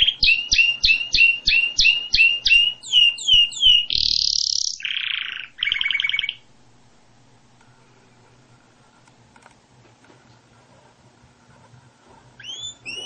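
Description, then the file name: Canary song of quick repeated sharp notes and chirps, then buzzy notes and a short trill, followed by a long silence and a few notes at the end. "Canary Voice"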